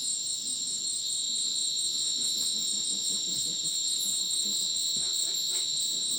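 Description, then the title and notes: Cricket chorus of steady, shrill, high trilling, with soft low pulsing calls and a few dull thumps underneath. Dense rainforest at Ucumari, Madidi National Park, Bolivia, after sunset; very dense insect chorus like a polyrhythmic electronic concert; AT BP4029 microphone, MixPre 6 recorder. "Madidi National Park, Ucumari, Bolivia - Supersonic Crickets in the rainforest. Después del atardecer, un espacio muy denso en medio del bosque. Increíble densidad de insectos"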